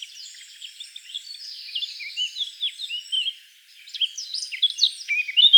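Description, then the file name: Eurasian blackcap subdued warbling, a short quiet gap, then clearer sliding chirps and twitters rising in volume at the end. "Sylvia atricapilla"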